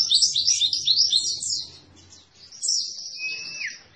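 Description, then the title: White-eye song: a fast, tumbling high warble of jumbled notes that fades, then a bright sweeping phrase ending in a drawn-out whistle. Masteran (tutor) recording for training cage birds; pleci white-eye singing in gacor (vigorous, continuous) style. "Pleci Gacor. Masteran Burung PLECI"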